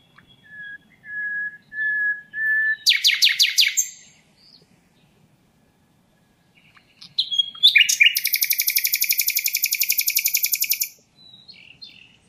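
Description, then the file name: Common nightingale song: soft drawn-out whistles swelling in volume, a loud burst, silence, then a long, rapid, even trill. "Luscinia megarhynchos"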